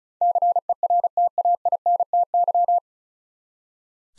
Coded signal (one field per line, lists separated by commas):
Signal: Morse code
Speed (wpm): 36 wpm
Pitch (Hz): 700 Hz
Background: none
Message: CERTAINTY